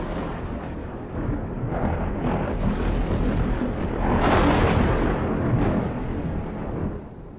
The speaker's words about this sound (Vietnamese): Tiếng gào của Thanh bị tiếng sấm chớp át hẳn đi.